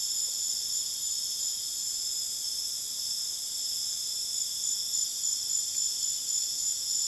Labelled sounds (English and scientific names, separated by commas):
none